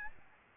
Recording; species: mosquito wingbeat signal from an infrared sensor; Aedes albopictus